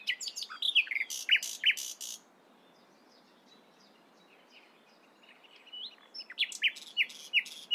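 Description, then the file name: Common nightingale song: loud chirps and rattling notes at the start, a quiet gap of several seconds, then another burst of sharp repeated notes. "Luscinia megarhynchos"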